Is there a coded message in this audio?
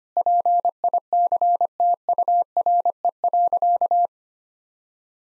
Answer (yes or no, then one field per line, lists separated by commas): yes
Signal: Morse code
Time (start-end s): 0.2-4.1 s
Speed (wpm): 25 wpm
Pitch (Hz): 700 Hz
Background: none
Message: PICTURE.